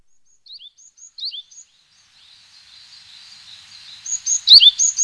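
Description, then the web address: Bird giving short, high, downslurred chirps in a loose series, followed by a hiss of background noise and a louder burst of sharp, rapid chirps near the end. Recorded in Higashiosaka, Japan. "higashiosaka bird koe"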